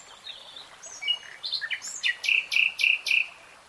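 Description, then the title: Nightingale song: soft varied twitters building into four loud, evenly spaced emphatic notes. "[Tiếng chim hót] Nightingale Singing"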